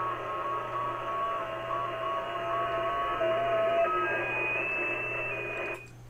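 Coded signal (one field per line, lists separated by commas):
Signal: FT8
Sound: several overlapping soft warbling tones slowly stepping in pitch over a hiss background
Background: radio static, low hum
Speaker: he heard me so the software automatically with no intervention from me sends my signal report to him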